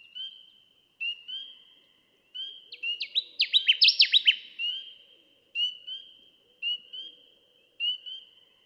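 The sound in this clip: Connecticut warbler song: a loud, chippy phrase of fast down-slurred notes in the middle, surrounded by regularly spaced high, level tones.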